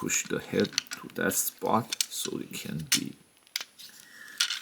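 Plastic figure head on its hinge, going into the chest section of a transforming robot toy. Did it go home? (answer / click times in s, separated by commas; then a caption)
yes / 3.6 s. Someone talks while pushing a plastic action figure's head along its hinge into its slot in the chest section of a transforming robot toy. A sharp click is heard at 3.6 seconds as the head locks into place, followed by another loud transient near 4.4 seconds as the talking resumes.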